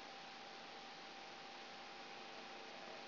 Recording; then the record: brain microelectrode recording played as sound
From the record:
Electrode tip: outside the subthalamic nucleus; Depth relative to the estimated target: -4 mm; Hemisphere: right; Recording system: AlphaMap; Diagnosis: Parkinson's disease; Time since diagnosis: 13 years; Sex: female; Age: 63 years